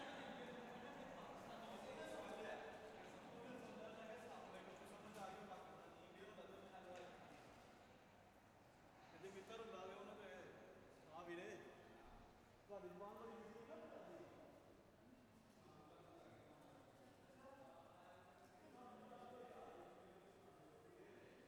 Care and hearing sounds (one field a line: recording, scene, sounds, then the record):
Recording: everyday scene through a hearing-aid microphone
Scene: reverberant space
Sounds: background noise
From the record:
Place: railway station hall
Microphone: behind the ear, left, front